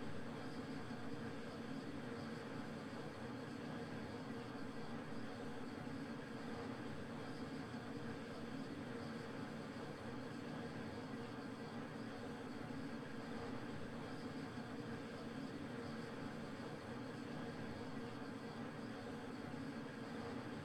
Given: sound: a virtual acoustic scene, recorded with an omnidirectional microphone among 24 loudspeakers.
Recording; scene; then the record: noise of the scene; olnoise from 0 degrees (S0N0)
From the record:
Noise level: 65 dB SPL